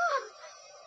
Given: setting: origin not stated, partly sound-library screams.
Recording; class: one-second piece from a danger detection set; woman in danger